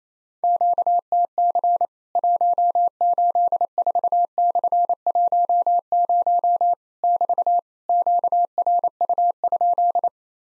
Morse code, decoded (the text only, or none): QTC 184/10 <BT> QRU?